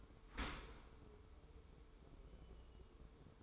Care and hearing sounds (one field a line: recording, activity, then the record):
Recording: daily activity, microphone in the room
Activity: open dishwasher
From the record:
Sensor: 1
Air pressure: 1015.0 hPa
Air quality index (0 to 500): 25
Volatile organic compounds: 0 ppm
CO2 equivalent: 503 ppm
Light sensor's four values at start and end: 13/30/12/13 and 13/30/12/13